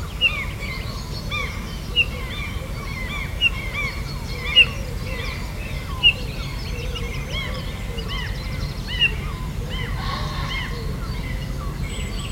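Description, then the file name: Eurasian bullfinch calls: crisp short whistles repeated every one to two seconds, mostly in the first half, amid a dense chorus of twittering birds and low background noise. "Pyrrhula pyrrhula"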